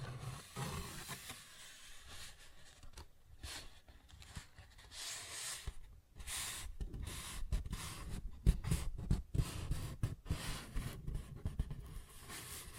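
Paper bag being scratched and tapped, with dense, crinkly rustling that comes in uneven bursts through the whole clip. Sharp taps stand out around eight to ten seconds. Brief near-silent gaps break it up, most clearly just before six seconds.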